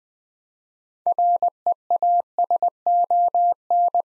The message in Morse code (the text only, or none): REASON